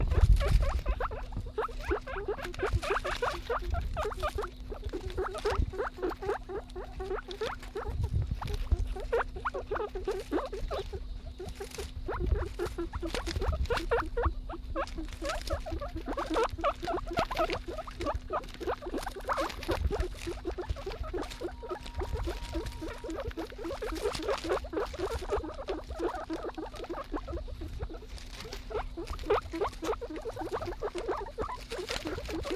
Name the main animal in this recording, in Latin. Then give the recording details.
Cavia porcellus. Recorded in captivity. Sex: diverse. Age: diverse. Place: Tierpark Berlin, Berlin, DE. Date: 1965-03-06 14:00. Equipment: Telefunken Magnetophon 300, Sennheiser MD 421, Transistorverstärker. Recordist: Tembrock, Günter